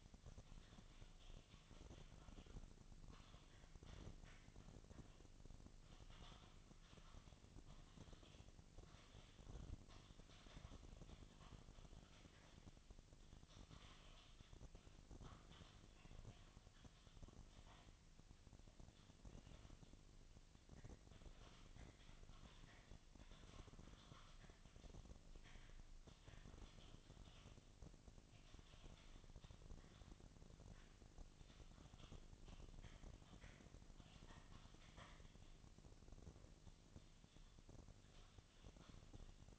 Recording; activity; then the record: daily activity, microphone in the room; typing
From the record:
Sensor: 4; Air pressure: 1000.0 hPa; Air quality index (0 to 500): 230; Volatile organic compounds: 30 ppm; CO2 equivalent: 2967 ppm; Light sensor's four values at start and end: 9/21/8/8 and 9/21/8/8